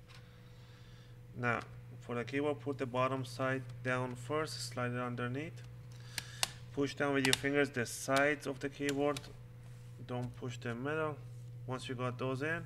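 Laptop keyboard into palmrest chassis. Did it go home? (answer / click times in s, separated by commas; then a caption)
yes / 6.2 s, 6.4 s. A Lenovo IdeaPad 300 laptop keyboard is set into the palmrest chassis bottom edge first, then pressed down at its sides so its plastic retaining clips snap in. Someone talks throughout, and two short sharp clicks at 6.2 s and 6.4 s mark the clips seating.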